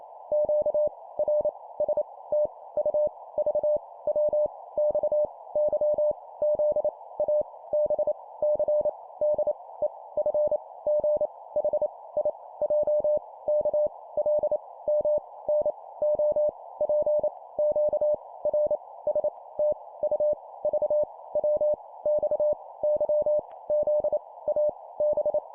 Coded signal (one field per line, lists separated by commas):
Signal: Morse code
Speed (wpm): 28 wpm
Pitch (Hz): 600 Hz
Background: none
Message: Q R S T U V W X Y Z A B C D E F G H I J K L M N O P Q R S T U V W X Y Z A B